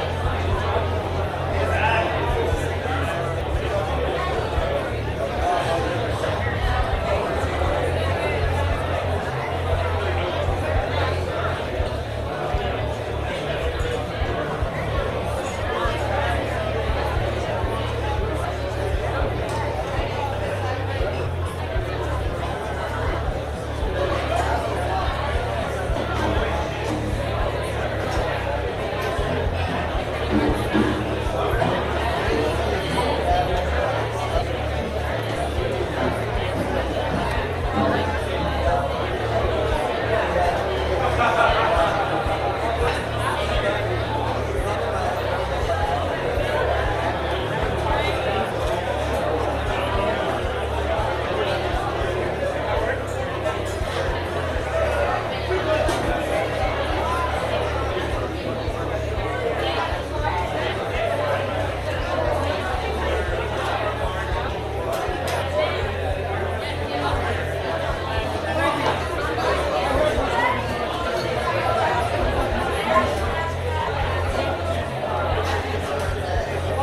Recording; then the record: background sound without coughing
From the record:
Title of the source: CITY SOUNDS Busy Bar in the Evening Night - 2 HOURS of Ambiance for Relaxation